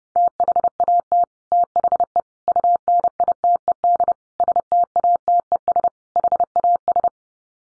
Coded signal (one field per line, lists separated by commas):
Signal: Morse code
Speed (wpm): 30 wpm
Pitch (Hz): 700 Hz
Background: none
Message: THAT THE UNITED STATES HAS